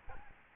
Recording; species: mosquito wingbeat signal from an infrared sensor; Aedes albopictus